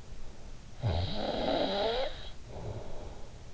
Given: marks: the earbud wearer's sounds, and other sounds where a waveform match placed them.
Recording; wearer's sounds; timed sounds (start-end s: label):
sounds in sleep by an in-ear microphone; snoring breath
0.36-3.50 s: snoring breath